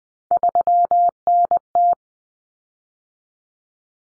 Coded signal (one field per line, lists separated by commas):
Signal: Morse code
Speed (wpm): 20 wpm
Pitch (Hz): 700 Hz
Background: none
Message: 3NT